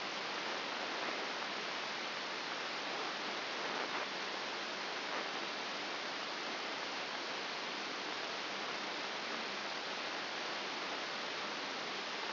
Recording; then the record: brain microelectrode recording played as sound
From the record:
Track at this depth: outside the subthalamic nucleus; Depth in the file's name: 6.501 mm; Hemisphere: left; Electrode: 2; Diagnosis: Parkinson's disease